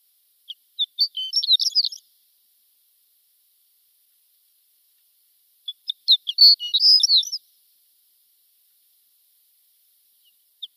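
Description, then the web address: Shore lark song: two short, high tinkling phrases several seconds apart, each opening with a few separate thin notes that speed into a rapid jingling jumble; a few notes of a third phrase at the end. "Schulze Peter Shore Lark"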